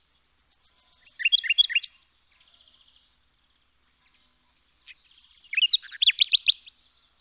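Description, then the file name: Common nightingale song opening with a quick run of repeated high piping notes, then a rattling flourish, a pause, and another burst of fast liquid trills. "Luscinia megarhynchos"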